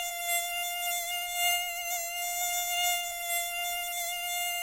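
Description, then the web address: Mosquito whine, a steady, thin buzzing drone with a rich stack of overtones that holds level and unbroken throughout, rising and falling slightly in loudness. "couinement dun moustique"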